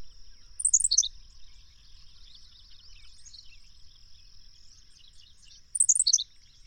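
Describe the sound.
Bird song: two matching bursts of very high, fast falling notes about five seconds apart, with faint chirps and steady hiss between.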